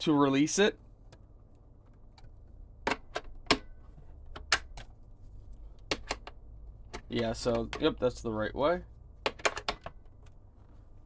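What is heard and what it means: Someone talks while handling the plastic dust cup of a YINOLIFE dog grooming vacuum, with its rear release button, lining it up to press back into the vacuum body. Short, sharp plastic taps and knocks come between the talk, from about 2.9 to 9.9 seconds. Nothing has seated or clicked yet.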